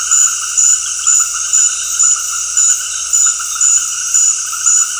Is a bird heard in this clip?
no